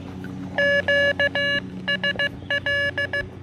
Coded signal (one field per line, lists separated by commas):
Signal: Morse code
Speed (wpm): 15 wpm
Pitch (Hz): 1700 Hz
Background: none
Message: QSL